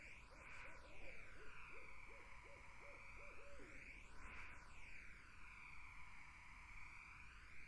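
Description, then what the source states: Barred owl giving a rapid run of several short low hoots over a steady background. Barred owls, more than one, in a summer wetland.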